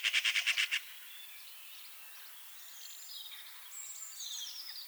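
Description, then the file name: Eurasian magpie short rattling chatter of about seven harsh notes in the first second, then quiet with faint high thin bird calls. "Pica pica"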